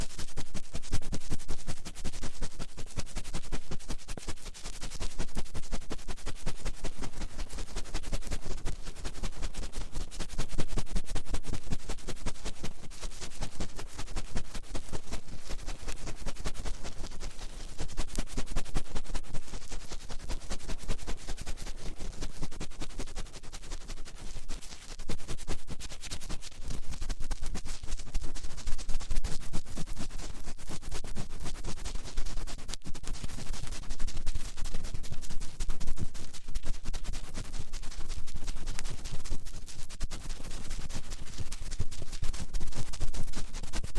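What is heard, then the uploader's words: Fast finger ear cleaning sounds: quick, dense rubbing and scratching that runs without pause for the whole 44 seconds. The strokes come in rapid, crisp bursts at a steady level, with a faint low rumble underneath and no speech. ASMR Fast Finger Ear Cleaning for Sleep (No Talking).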